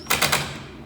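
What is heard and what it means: Once a wood screw is good and tight in wooden trim, a clutch driver is run over it again and its clutch clicks at the setting. Three sharp, bright bursts are heard close together, with the two clutch clicks at 0.2 s and 0.3 s. The screw is fully tightened to the driver's torque setting.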